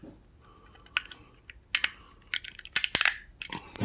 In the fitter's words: snaps back in